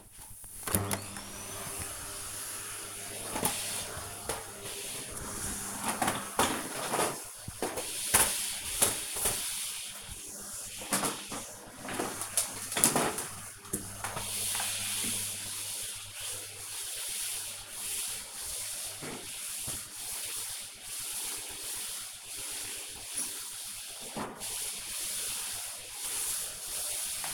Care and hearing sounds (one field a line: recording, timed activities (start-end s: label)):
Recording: household activities, microphone on the right wrist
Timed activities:
0.41-27.34 s: vacuum cleaning